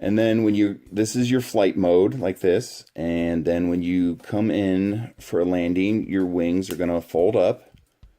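Someone talks while the plastic movable wings of a die-cast Star Wars Hot Wheels Starships Imperial Shuttle toy are handled, about to fold up at the hinges on the starship body into landing position. Only a couple of faint, soft sounds are heard right at the end, around 8.0 and 8.2 seconds. The wings have not clicked into position yet.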